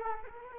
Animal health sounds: mosquito wingbeat signal from an infrared sensor; Culex quinquefasciatus

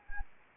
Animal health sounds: mosquito wingbeat signal from an infrared sensor; Anopheles arabiensis

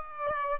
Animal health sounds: mosquito wingbeat signal from an infrared sensor; Aedes aegypti

